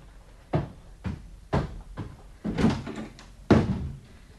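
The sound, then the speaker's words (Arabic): In an Arabic dramatization of a Shakespeare play, a door is handled and pushed shut, producing a string of six or seven dull wooden thumps and rattles at an uneven pace, with the last bang loudest. No one speaks. “أرجو أن تغلق الباب وتكتم السر.”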